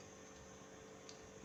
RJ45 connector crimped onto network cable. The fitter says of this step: Nah, kita sampai dengan bunyi klik seperti biasa.